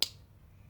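The mixing tip on a two-part DenSureFit denture reline material tube is twisted until it snaps, which activates the material. One sharp, bright snap is heard at 0.0 s, strongest around 4 kHz, and it decays within about a tenth of a second into faint low background noise. The tip has snapped and the tube is activated.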